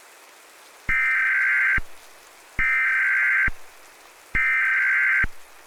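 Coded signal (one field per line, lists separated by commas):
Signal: Emergency Alert System (SAME) tones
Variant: header bursts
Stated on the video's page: Simulated alert in an analog horror radio drama set in a radio station; not AI generated.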